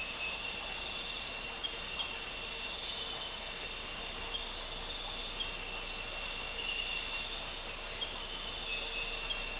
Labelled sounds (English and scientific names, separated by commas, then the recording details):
none
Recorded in dense forest near Puerto Asís, Putumayo, Colombia, on 4 March 2025 at 01:00
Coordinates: 0.467, -76.328
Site G041